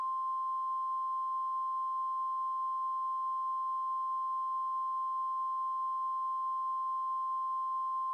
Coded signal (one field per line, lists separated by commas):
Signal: Emergency Alert System (SAME) tones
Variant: 1050 Hz attention tone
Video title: Cryoblind: An EAS Scenario